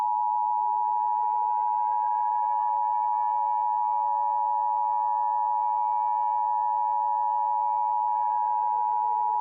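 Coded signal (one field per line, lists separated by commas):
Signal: Emergency Alert System (SAME) tones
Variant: 853 and 960 Hz attention tone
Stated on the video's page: Fictional EAS tornado scenario in analog horror style, simulated.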